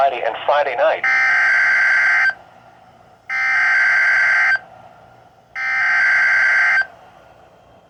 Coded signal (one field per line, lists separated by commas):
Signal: Emergency Alert System (SAME) tones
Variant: header bursts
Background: speech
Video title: MARGINAL RISK - EAS Alerts from 6/26/24 #67-69